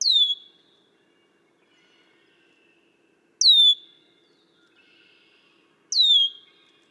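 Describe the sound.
Red-winged blackbird calls: a loud, clear downslurred whistle repeated three times, roughly every three seconds, with faint softer notes in the gaps.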